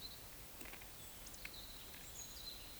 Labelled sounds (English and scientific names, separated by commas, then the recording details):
Eurasian Woodcock (Scolopax rusticola) whistle
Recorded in Baden-Württemberg, Germany, on 20 May 2021 at 19:38 UTC
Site 24606, 635 m above sea level